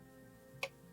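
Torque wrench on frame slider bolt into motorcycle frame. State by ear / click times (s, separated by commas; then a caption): torque reached / 0.6 s. A torque wrench set to about 50 slowly tightens a frame slider bolt into the frame of a Suzuki GSX-R 600 motorcycle, worked slowly so the click can be heard. Over a steady low background hum, one sharp, bright click sounds at 0.6 s as the wrench reaches its setting, and the bolt is torqued.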